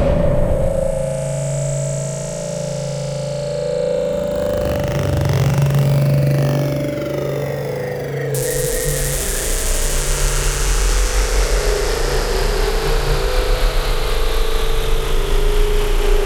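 A dense, droning synth atmosphere holds a steady mid-pitched tone over a rumbling, engine-like low hum. Around the middle, sweeping tones swirl and cross, then near eight seconds a bright, hissing wash abruptly spreads across the top and persists to the end.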